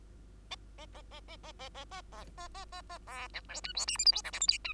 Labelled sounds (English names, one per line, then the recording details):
Bengalese Finch song
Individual Bird2